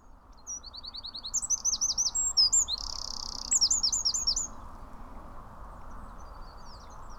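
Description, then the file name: Eurasian wren singing: fast ringing trills of sharp high notes, broken by a harsh buzzy reel midway, then more rapid trilled notes before quiet. "Troglodytes troglodytes"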